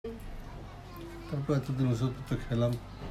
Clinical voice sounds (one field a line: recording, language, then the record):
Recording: elicited speech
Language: Bengali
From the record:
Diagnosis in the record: Broca's or global aphasia after a stroke